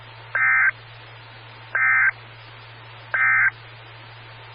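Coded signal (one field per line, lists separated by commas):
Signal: Emergency Alert System (SAME) tones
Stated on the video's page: Morse ident of a SKYWARN repeater on 147.255 MHz.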